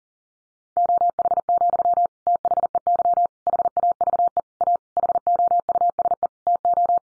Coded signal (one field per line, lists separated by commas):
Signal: Morse code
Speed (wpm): 40 wpm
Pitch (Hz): 700 Hz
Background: none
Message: OH, THEY HAVE A HOUSE TO